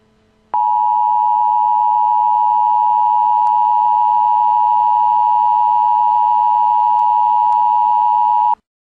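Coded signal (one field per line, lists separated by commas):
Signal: Emergency Alert System (SAME) tones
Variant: 853 and 960 Hz attention tone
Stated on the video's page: Simulated EAS activation for a nuclear bomb attack.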